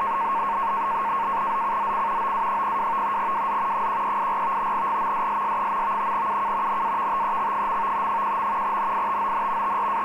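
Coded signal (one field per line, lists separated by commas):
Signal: NAVTEX (SITOR-B)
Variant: 100 baud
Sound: continuous rapid two-tone warble around 1 kHz over hiss, with a low hum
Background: radio static, low hum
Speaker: 518 kHz Portpatrick NAVTEX 1821 Zulu 14th November 2012 Tecsun AN-200 loop.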